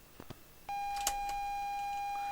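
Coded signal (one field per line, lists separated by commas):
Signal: ZX Spectrum tape loading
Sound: a few clicks, then a steady buzzy lead tone that runs to the end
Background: tape deck clicks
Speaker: loading we've got some now we've got a tape loader [Music] there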